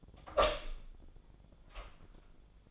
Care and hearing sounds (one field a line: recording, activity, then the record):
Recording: daily activity, microphone in the room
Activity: open door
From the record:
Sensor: 5